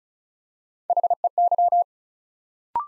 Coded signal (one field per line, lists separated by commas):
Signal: Morse code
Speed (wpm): 34 wpm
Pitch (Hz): 700 Hz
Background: none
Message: HEY